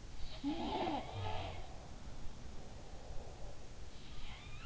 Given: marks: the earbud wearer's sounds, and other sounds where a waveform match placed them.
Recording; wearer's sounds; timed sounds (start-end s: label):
sounds in sleep by an in-ear microphone; breath
0.10-3.74 s: sound from someone else or the room
0.26-3.74 s: breath
3.97-4.66 s: sound from someone else or the room